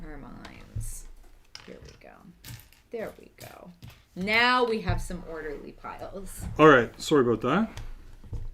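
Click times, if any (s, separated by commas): none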